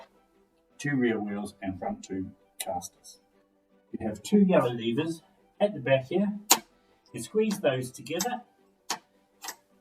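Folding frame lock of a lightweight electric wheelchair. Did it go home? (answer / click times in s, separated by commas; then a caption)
yes / 8.9 s. Someone talks while the folded metal frame of a Dashi lightweight folding electric wheelchair, standing on its four wheels (two rear wheels and two front casters), is opened after the two yellow levers at the back are squeezed together. The frame lock clicks into place at 8.9 s, and the frame is latched open.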